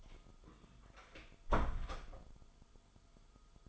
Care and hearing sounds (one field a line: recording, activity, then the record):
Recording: daily activity, microphone in the room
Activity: close door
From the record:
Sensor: 5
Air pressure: 1005.0 hPa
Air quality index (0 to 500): 98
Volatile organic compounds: 2 ppm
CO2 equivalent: 1193 ppm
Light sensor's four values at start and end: 34/80/32/31 and 34/80/32/31